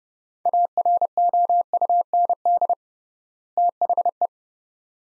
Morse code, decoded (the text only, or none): AROUND THE